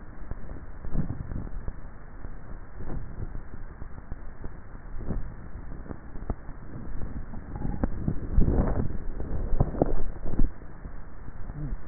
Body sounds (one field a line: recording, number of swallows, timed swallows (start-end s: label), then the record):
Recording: swallowing sounds by neck microphone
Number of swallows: 5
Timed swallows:
0.98-1.68 s: swallow
2.75-3.42 s: swallow
5.05-5.88 s: swallow
7.05-7.88 s: swallow
8.75-9.52 s: swallow
From the record:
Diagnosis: dysphagia